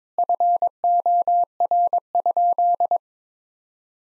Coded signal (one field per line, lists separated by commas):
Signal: Morse code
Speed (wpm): 21 wpm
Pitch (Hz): 700 Hz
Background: none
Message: FOR?